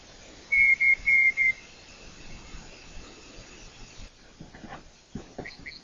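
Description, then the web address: Night parrot call of four brief piping whistles on one pitch in about a second, followed by a calm, low background with scattered faint ticks. First recording of the species, made by John Young, 2019. "201902 John Young-first-night-parrot-recording"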